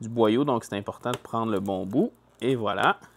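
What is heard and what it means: Someone talks while handling the correct end of a flexible fume exhaust hose, whose tabs are meant to lock onto a LaserPecker LP5 laser engraver's exhaust outlet. Only speech is heard, with no distinct click. Nothing has seated or clicked yet; the hose end is not yet home.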